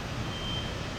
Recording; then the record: background sound without coughing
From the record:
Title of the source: 30 MINUTES Construction Site Ambience (CC BY 4.0)